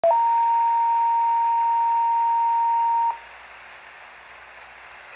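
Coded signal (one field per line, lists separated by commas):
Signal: two-tone page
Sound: brief lower tone cut off at start, then a steady high tone for three seconds, then hiss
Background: radio static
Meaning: Alerts the fire department's pagers; here a daily test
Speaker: 911 to con Valley Fire Department this your daily pager test test only page clear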